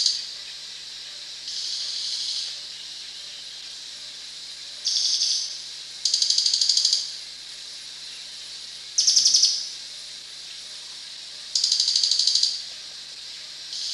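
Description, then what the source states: Crested jay producing repeated harsh, pulsed rattles, five or six short bursts over fourteen seconds, with a constant high insect-like drone behind. Recorded at Danum on 1 January 2008.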